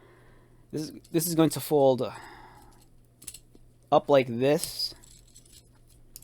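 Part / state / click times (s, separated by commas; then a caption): plastic front panel into the cab section of the transforming figure / seated / 6.2 s. Someone talks while folding the plastic front panel with wheels up on a Transformers Optimus Prime transforming figure, with light plastic handling taps around 3.2–3.8 s. The panel locks into place in the cab section with a sharp click at 6.2 s, confirmed seated as the front of the cab.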